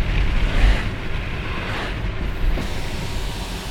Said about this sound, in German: Ich mache jetzt einfach mal die Scheibe runter. Bei ungefähr 50 Stundenkilometern. Ja. Also da hörst du nichts. Da hörst du jetzt ein bisschen Wind. Autos, die vorbeifahren.